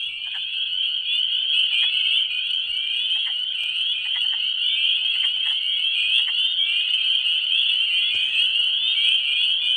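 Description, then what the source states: Spring peepers in a dense chorus, countless high piercing peeps overlapping without pause, with occasional soft clicks beneath. At a pond after dark on a warmish night around April 1st, in early spring in Michigan; calls from shallow vernal ponds; the chorus is very loud.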